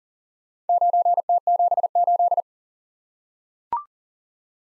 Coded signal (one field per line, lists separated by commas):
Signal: Morse code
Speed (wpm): 40 wpm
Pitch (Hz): 700 Hz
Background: none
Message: 9T78